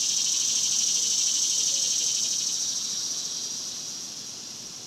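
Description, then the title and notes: Cicada chorus droning loud and high, a shimmering steady buzz that slowly fades toward the end. Several cicadas recorded outdoors in daytime in a cemetery in summer. "Ext, Daytime Cicadas, Cemetery, Summer by Bandeto"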